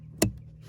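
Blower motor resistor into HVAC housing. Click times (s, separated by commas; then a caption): 0.2 s. A new blower motor resistor for a 2003–2006 Chevy Silverado or GMC Sierra is pushed into its opening in the HVAC housing until its plastic retaining clip snaps in. A single sharp, bright click lands at 0.2 s over a low, steady hum. The resistor is seated.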